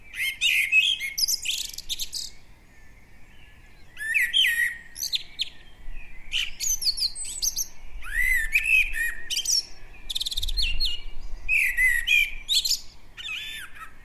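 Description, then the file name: Common blackbird giving strained, high twittering chirps in rapid uneven bursts, separated by short quiet gaps. "Turdus merula"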